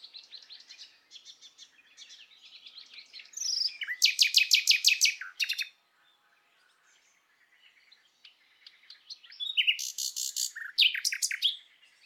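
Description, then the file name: Common nightingale song: varied twittering phrases build into loud, fast, rattling bursts of repeated notes, a short silence, then more loud, rich, chattering phrases. "Luscinia megarhynchos"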